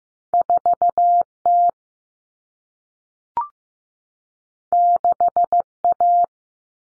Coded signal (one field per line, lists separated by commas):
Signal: Morse code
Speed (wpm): 15 wpm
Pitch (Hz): 700 Hz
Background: none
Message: 4T 6A